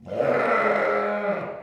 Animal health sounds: contact call of a hoofed animal; sheep; low-frequency (closed-mouth) or high-frequency (open-mouth) call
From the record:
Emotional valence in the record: negative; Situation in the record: short social isolation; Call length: 1.63 s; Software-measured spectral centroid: 1310 Hz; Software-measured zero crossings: 1650 a second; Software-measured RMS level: -24 dBFS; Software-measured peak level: -10 dBFS

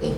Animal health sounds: contact call of a hoofed animal; pig; closed-mouth grunt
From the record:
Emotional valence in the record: positive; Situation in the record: food and toys in familiar pen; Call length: 0.18 s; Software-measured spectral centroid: 1870 Hz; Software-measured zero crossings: 1150 a second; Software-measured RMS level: -25 dBFS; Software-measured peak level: -13 dBFS

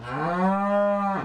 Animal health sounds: contact call of a hoofed animal; cattle; low-frequency (closed-mouth) or high-frequency (open-mouth) call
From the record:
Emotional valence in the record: negative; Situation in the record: full separation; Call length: 1.24 s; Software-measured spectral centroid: 1150 Hz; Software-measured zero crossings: 1510 a second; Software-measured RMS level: -24 dBFS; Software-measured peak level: -12 dBFS

